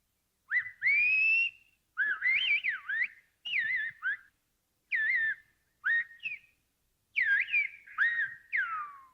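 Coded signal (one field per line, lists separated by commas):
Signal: whistled language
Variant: Silbo Gomero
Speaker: So long ago, the Gomez contrived an extraordinary form of telephonic speech, whistling, which can be understood over a distance of 3 miles.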